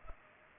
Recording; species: mosquito wingbeat signal from an infrared sensor; Culex pipiens